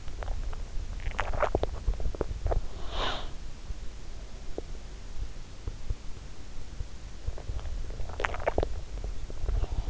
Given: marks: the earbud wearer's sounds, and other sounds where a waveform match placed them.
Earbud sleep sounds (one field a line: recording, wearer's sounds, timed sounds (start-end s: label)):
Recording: sounds in sleep by an in-ear microphone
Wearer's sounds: swallowing, breath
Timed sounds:
0.00-2.67 s: swallowing
2.67-3.52 s: breath
7.35-9.81 s: swallowing